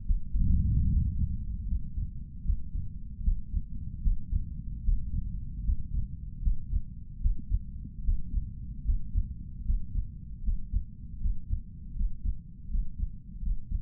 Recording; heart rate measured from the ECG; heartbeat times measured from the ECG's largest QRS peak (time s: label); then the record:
heart sounds by stethoscope; 76 bpm
0.05 s: heartbeat
0.88 s: heartbeat
1.67 s: heartbeat
2.44 s: heartbeat
3.22 s: heartbeat
4.02 s: heartbeat
4.83 s: heartbeat
5.63 s: heartbeat
6.42 s: heartbeat
7.20 s: heartbeat
8.03 s: heartbeat
8.84 s: heartbeat
9.64 s: heartbeat
10.43 s: heartbeat
11.20 s: heartbeat
11.94 s: heartbeat
12.69 s: heartbeat
13.41 s: heartbeat
From the record:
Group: healthy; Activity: breath hold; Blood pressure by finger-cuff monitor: 130/78 mmHg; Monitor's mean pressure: 88 mmHg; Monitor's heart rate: 75 bpm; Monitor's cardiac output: 6.5 L/min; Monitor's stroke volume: 85 mL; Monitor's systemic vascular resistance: 1000 dyn s/cm5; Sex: male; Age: 23 years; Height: 179 cm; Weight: 87 kg